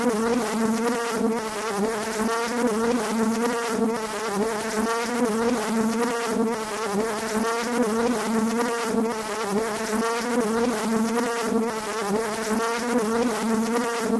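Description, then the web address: Bumblebee buzzing in a steady, low droning hum with a rich stack of overtones, gently wavering in loudness throughout, with no other sounds standing out. "zvuk zhuzhzhaniya shmelya"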